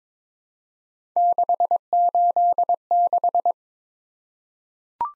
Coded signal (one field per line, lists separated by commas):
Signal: Morse code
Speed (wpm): 22 wpm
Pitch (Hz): 700 Hz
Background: none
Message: 686